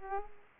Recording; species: mosquito wingbeat signal from an infrared sensor; Aedes aegypti